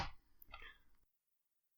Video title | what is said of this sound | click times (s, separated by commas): Intake MTL RTA - Augvape / Mike Vapes | like i said it's about a third of a turn and it locks in place | 0.4 s, 0.5 s